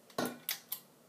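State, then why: Not seated. An oiled trumpet valve piston is handled as it goes back into its metal valve casing, to be twisted until the valve guide locks into its slot. Three sharp metallic knocks land at about 0.2, 0.5 and 0.7 seconds, the first ringing longest, over a quiet background. Nothing has seated or clicked into place yet.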